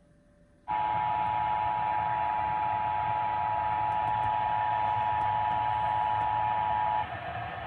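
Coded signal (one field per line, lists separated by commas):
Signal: Emergency Alert System (SAME) tones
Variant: 853 and 960 Hz attention tone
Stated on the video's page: Sacramento/Sierra Required Monthly Test received on several AM and FM broadcast stations in Merced County.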